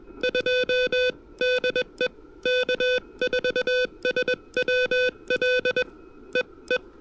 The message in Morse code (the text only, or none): 2 DE K4SWL EE